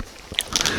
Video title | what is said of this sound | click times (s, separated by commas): Rhino Rescue Quick Release Plate Carrier - Affordable Gear! | Snap the snaps. | 0.4 s, 0.6 s